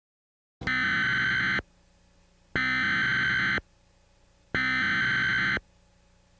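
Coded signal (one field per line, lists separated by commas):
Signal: Emergency Alert System (SAME) tones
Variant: header bursts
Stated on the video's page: Simulated alert tones in a fictional emergency alert scenario.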